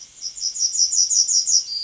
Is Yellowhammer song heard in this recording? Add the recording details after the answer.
yes. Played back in forest. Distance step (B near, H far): B. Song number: 045